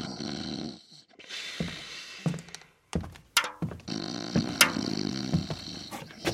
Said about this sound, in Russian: Степка лежал на полу и сладко храпел.